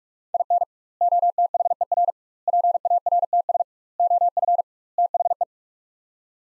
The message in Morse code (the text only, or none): IN OTHER PARTS OF THE